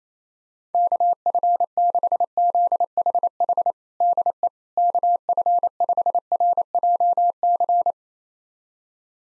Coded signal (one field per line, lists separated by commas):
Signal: Morse code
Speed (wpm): 28 wpm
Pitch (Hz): 700 Hz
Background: none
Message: KF6ZHH DE KF5RJC